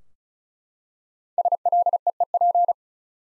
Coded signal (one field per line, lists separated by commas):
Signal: Morse code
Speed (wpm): 34 wpm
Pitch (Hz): 700 Hz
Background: none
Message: SLEEP